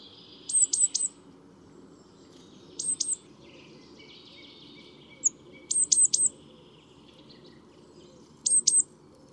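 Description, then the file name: Great tit calling in quick bursts of two or three sharp, very high notes that drop steeply, repeated every few seconds over faint background hiss. "Parus major"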